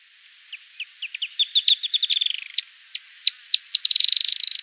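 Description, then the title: Firewood-gatherer song: sharp chips that speed up into a rapid, stuttering run, then a few spaced notes and a fast, even rattle-like trill at the end. "LuckyPassaro Completos2Sama. Firewood-gatherer (Anumbius annumbi)"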